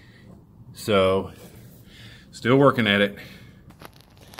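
Someone talks while working the pin on the end of a replacement shifter cable back into the shifter linkage of an Arctic Cat ATV, adjusting the cable. A few faint, short sharp sounds come near the end of the clip, but nothing has seated or clicked yet.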